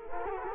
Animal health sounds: mosquito wingbeat signal from an infrared sensor; Culex quinquefasciatus

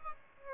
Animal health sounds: mosquito wingbeat signal from an infrared sensor; Aedes albopictus

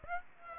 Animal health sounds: mosquito wingbeat signal from an infrared sensor; Aedes aegypti

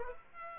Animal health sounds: mosquito wingbeat signal from an infrared sensor; Aedes aegypti

